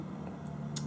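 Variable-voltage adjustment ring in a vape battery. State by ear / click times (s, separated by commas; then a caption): released / 0.8 s. The variable-voltage adjustment ring on a Vision Spinner 2 1600mAh variable-voltage vape battery is twisted harder while locked in its 3.8 V detent. Over a steady low hum, a short, bright click is heard at 0.8 s. The ring releases from the detent and turns freely again.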